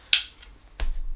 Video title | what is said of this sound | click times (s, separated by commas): DJI OSMO POCKET 3 / OUR FULL HONEST REVIEW | inside there pops right in place so obviously you do need to be careful because it's only on by magnet | 0.1 s